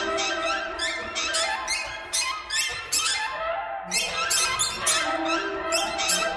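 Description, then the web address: Birds squawking and chirping in a busy chorus, rough harsh notes overlapping with repeated sharp squeaks. "soundfactory birds"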